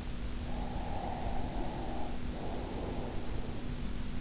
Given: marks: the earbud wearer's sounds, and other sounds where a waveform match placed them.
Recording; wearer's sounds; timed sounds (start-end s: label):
sounds in sleep by an in-ear microphone; breath
0.49-3.53 s: breath